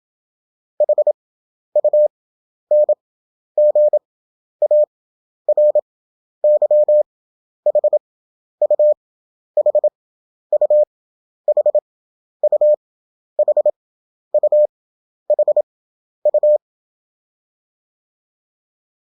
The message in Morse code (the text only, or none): HUNGARY HU HU HU HU HU